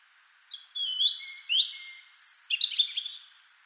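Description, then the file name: European robin with drawn-out thin whistles followed by a brief scratchy twitter. "Erithacus rubecula"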